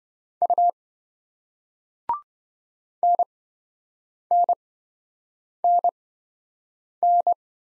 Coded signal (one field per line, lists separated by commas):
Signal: Morse code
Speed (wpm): 28 wpm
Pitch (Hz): 700 Hz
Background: none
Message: U NNNN